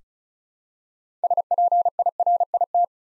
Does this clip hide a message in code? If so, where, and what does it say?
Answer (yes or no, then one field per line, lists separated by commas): yes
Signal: Morse code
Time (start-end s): 1.2-2.8 s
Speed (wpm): 36 wpm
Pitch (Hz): 700 Hz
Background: none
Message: SPIRIT